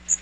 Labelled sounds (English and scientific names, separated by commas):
Magnolia Warbler (Setophaga magnolia) flight call